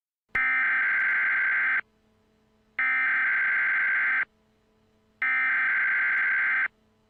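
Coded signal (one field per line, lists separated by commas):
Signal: Emergency Alert System (SAME) tones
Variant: header bursts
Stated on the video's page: Fictional EAS scenario.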